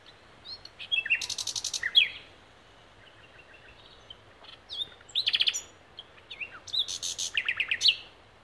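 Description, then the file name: Common nightingale singing three separate phrases, each mixing sharp whistled notes with bursts of rapid, buzzy repeated pulses, with short pauses between them. "Luscinia megarhynchos"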